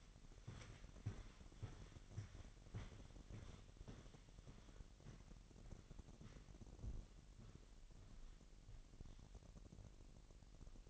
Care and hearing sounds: daily activity, microphone in the room; walk to room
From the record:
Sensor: 4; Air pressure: 1013.0 hPa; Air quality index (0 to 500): 241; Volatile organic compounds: 4 ppm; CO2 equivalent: 1606 ppm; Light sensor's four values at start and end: 34/82/34/34 and 32/78/32/32

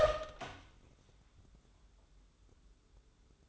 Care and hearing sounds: daily activity, microphone in the room; open door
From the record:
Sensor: 3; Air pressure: 1015.2 hPa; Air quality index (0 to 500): 181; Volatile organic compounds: 17 ppm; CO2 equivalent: 2592 ppm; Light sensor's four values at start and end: 10/27/10/11 and 10/27/10/11

